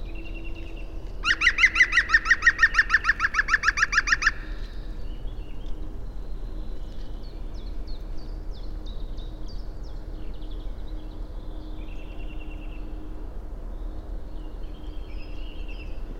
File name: Grongoling